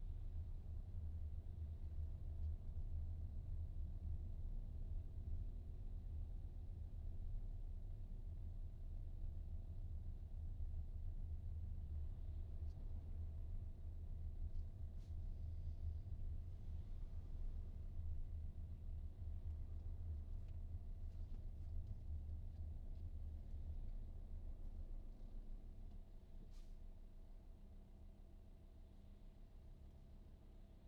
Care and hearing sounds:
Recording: everyday scene through a hearing-aid microphone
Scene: in a vehicle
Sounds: engine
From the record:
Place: VW T5 Caravelle, diesel engine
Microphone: in the ear canal, right

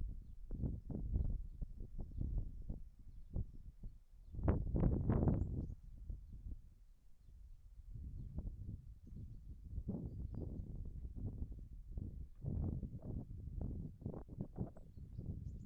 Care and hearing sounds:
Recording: everyday scene through a hearing-aid microphone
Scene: wind on the microphone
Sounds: wind, whistling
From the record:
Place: in front of a rural house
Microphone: behind the ear, left, front

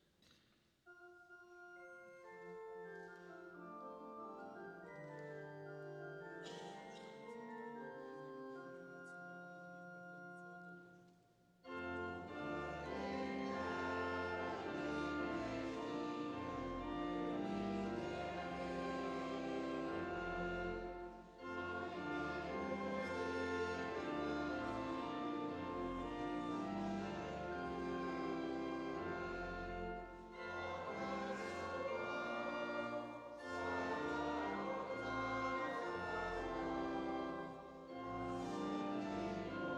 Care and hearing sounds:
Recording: everyday scene through a hearing-aid microphone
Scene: reverberant space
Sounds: music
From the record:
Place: church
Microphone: in the ear canal, left

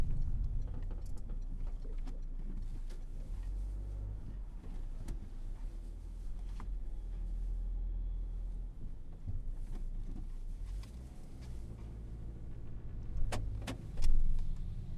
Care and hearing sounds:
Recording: everyday scene through a hearing-aid microphone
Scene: in a vehicle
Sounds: engine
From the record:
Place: Berlingo II, diesel engine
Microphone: behind the ear, left, rear

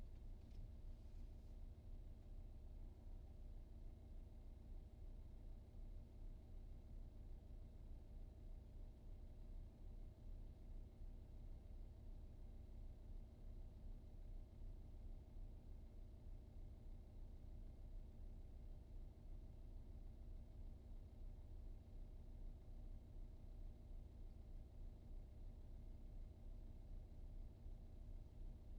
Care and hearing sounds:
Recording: everyday scene through a hearing-aid microphone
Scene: in a vehicle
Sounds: engine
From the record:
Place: VW T5 Caravelle, diesel engine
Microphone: in the ear canal, right

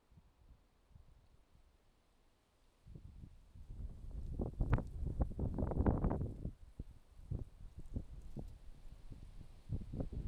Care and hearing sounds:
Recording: everyday scene through a hearing-aid microphone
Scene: wind on the microphone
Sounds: wind, traffic, birds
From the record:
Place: suburban garden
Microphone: in the ear canal, left

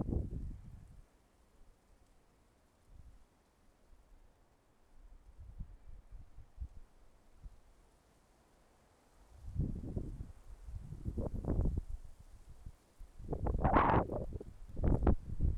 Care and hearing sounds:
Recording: everyday scene through a hearing-aid microphone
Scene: wind on the microphone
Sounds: wind, traffic, birds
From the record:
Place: suburban garden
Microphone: behind the ear, left, rear

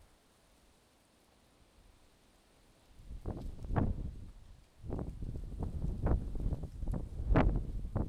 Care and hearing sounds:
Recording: everyday scene through a hearing-aid microphone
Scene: wind on the microphone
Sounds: wind, traffic, birds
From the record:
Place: suburban garden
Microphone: in the ear canal, left

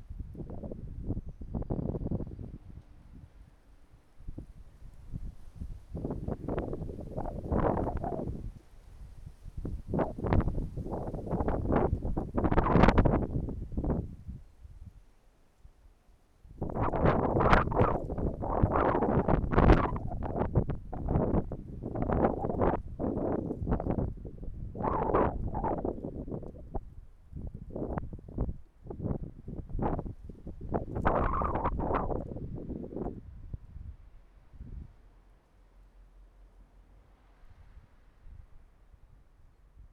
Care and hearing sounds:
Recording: everyday scene through a hearing-aid microphone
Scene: wind on the microphone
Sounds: wind, traffic, birds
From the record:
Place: suburban garden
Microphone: behind the ear, right, rear

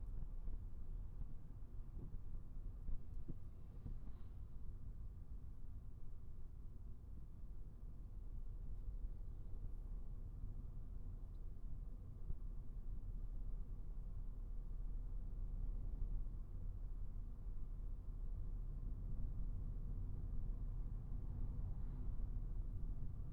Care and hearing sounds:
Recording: everyday scene through a hearing-aid microphone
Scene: in a vehicle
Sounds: engine, traffic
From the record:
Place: Skoda Fabia, gasoline engine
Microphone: behind the ear, right, rear

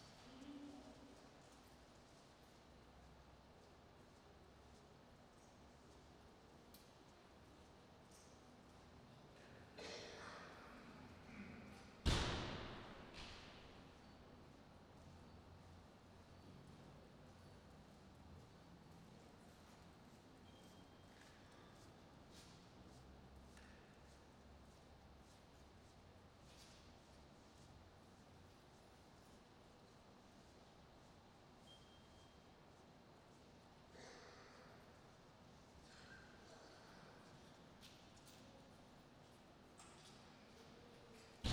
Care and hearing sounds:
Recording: everyday scene through a hearing-aid microphone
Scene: reverberant space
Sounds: background noise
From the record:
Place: railway station hall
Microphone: in the ear canal, right

